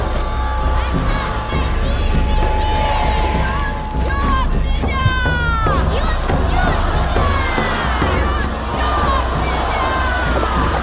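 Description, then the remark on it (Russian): A crowd shouts and clamors together at a ritual, many overlapping voices rising in loud, wailing cries over a steady low rumble, sustained throughout with brief surges of higher-pitched yells. “В толпе ….”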